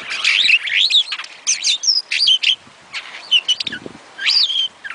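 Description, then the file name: Starling song, a dense run of varied whistled notes and chirps, many sliding up or down, delivered in quick bursts with brief pauses between phrases. "suara-kicauan-jalak-afrika omkicau"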